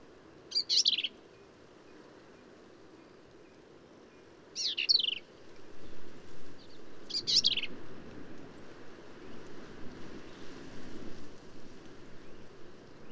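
Black-capped vireo giving three short bursts of high, slurred squeaky notes, several seconds apart, with a low rumbling background noise growing in the second half.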